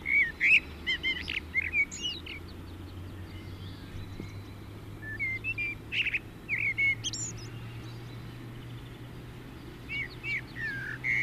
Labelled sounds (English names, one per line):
Common Blackbird song